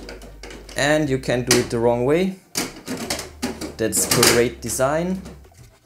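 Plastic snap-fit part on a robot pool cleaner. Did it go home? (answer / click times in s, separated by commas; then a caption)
no / none. Someone talks while handling the plastic snap-fit part of a SMOROBOT Tank X-11 robot pool cleaner, with a few light knocks and handling noises. The part has not seated or clicked into place yet.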